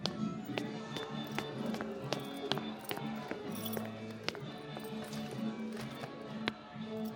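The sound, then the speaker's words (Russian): Footsteps of a person climbing the stairs in an apartment building stairwell, a steady series of sharp taps roughly every half second, with a few louder steps, over a constant low humming tone in the background. “Задолжавший поднимается по лестнице в подъезде.”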